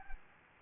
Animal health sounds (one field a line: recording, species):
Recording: mosquito wingbeat signal from an infrared sensor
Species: Anopheles gambiae